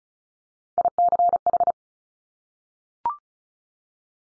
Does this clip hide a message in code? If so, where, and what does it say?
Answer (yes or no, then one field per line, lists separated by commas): yes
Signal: Morse code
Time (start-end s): 0.8-1.7 s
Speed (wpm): 36 wpm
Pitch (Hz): 700 Hz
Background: none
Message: ICH